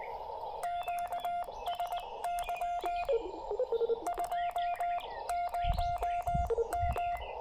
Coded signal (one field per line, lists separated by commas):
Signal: Morse code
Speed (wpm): 19 wpm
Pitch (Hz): 700 Hz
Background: radio noise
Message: QSY 20M